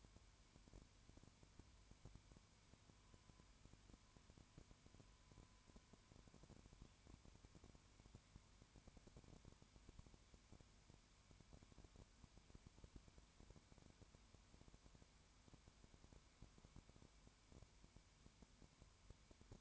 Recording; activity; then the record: daily activity, microphone in the room; no activity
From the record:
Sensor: 2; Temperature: 20.0 degrees Celsius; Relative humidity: 32.1%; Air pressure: 1001.1 hPa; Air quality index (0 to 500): 55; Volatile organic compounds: 1 ppm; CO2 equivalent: 603 ppm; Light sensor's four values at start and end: 2/3/2/2 and 2/3/2/2